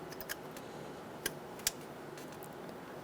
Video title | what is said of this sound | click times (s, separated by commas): How to Replace Knock Sensor 2003-2008 Honda Pilot | make sure it clicks into place | 1.7 s